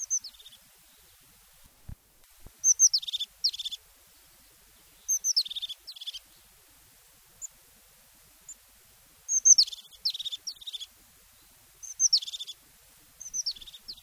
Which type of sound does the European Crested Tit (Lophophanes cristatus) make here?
song